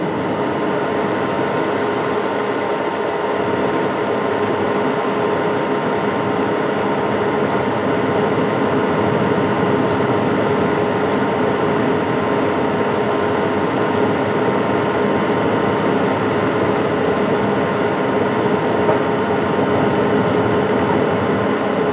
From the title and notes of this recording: Relaxing Fan Sounds.